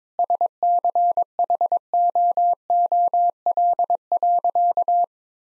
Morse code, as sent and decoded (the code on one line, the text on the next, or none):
... -.-. .... --- --- .-.. .-.-.-
SCHOOL.